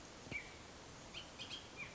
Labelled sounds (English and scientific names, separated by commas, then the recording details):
Bullock's Oriole (Icterus bullockii)
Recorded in Sonoma County, California